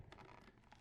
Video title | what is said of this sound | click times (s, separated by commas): Dyson Vacuum Replacement Hose - Replace broken hose on Dyson - Dyson Hose Removal and Reinstallation | I mentioned before, the size of the tab seems just slightly bigger so it's taking me a bit to get this to lock in. | none